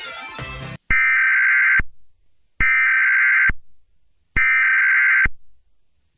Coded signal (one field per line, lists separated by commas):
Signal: Emergency Alert System (SAME) tones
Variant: header bursts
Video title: eas scenario catemojibabyheat part 6